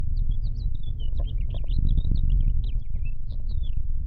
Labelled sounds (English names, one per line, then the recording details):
House Finch song
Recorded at Lawrence on Long Island, New York, on 4 June 1975
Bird F